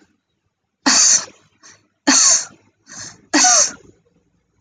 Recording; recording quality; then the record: shallow voluntary cough; excellent, no background noise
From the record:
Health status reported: healthy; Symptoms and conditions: none ticked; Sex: female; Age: 21 years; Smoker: not ticked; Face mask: not worn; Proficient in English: yes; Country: India